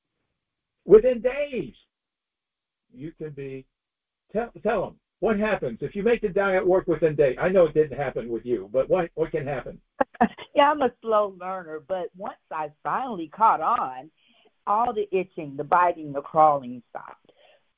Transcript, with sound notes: within days you can be... Te- tell 'em. What happens if you make the diet work within days? I know it didn't happen with you, but what, what can happen?
(laughs) Yeah, I'm a slow learner, but once I finally caught on, all the itching, the biting, the crawling stopped.